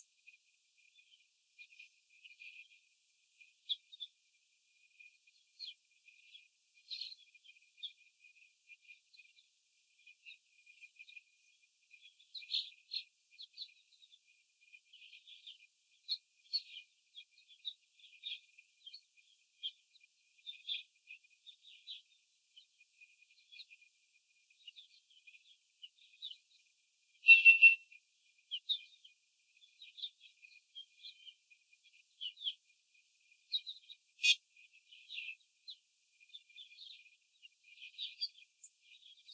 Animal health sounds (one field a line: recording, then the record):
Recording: young laying hens in a cage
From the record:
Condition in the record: after the stressor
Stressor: simulated dog barking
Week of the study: 4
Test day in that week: 3